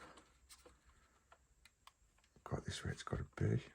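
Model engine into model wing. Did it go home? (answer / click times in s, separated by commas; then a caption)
no / none. A plastic engine from a 1:18 scale Star Wars X-wing model (DeAgostini issue 45) is held and aligned on the model wing to make sure it sits where it has to be before being pressed home. Only faint handling ticks are heard, around 1.3, 1.7 and 1.9 seconds, while someone talks. Nothing has seated or clicked yet.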